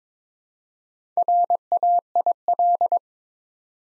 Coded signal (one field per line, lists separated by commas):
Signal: Morse code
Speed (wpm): 22 wpm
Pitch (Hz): 700 Hz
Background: none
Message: RAIL